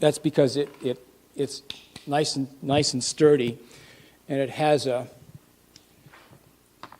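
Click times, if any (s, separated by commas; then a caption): 6.8 s. A camera quick-release plate is mounted onto the head of a sturdy tripod while a man talks. Once the talking stops, a few faint ticks are heard, then a sharp click at 6.8 seconds as the plate snaps into place.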